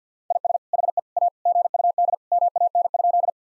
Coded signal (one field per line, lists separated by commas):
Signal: Morse code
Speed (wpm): 50 wpm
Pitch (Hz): 700 Hz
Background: none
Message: IS HE A GUD MAN?